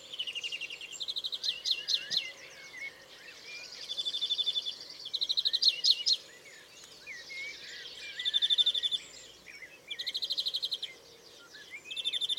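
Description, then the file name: European greenfinch: short trilled series of clipped notes repeated every couple of seconds, amid a steady background hiss. "Chloris chloris"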